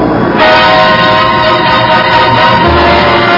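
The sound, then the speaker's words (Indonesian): A carriage rolls off with a loud, continuous rumbling and rattling, steady droning tones running beneath it throughout, with no voices present. “Arya Kamandanu masih berdiri penasaran ketika kereta itu bergerak menjauh.”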